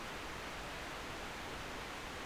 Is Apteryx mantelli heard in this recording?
no